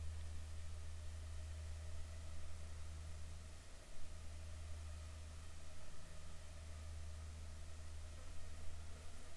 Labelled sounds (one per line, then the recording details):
aircraft
insects
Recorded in the Arctic National Wildlife Refuge, Alaska, on 7 July 2019 at 19:28
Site 41